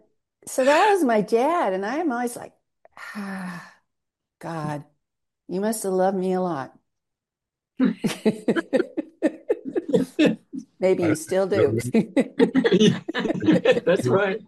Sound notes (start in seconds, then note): 7.8 laughs; 11.8 laughs